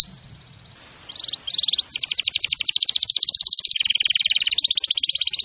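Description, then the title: Canary begins with soft high notes, then launches into a fast, buzzy rolling trill that continues steadily, shifting pitch slightly midway. Canary champion song used as a master recording for training other birds. "Masteran Kenari Juara"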